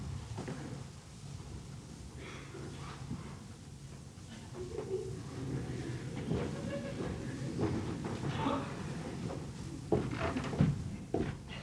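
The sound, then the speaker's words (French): Chairs scrape and bump as they are shifted into place, a steady low rumble of wood dragging broken by several sharper knocks and clatters, growing a little louder toward the end. “Mais prenons une chaise afin d'être un peu mieux.”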